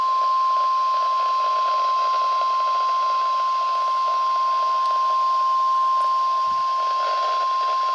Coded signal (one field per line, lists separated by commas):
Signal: Emergency Alert System (SAME) tones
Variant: 1050 Hz attention tone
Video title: Severe Thunderstorm Warning (EAS #1054)